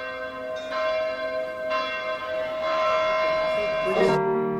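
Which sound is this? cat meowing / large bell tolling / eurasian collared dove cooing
large bell tolling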